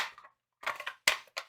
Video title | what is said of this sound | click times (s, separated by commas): Cura Slicer for 3D Printing Episode 026 | another satisfying snap | 1.1 s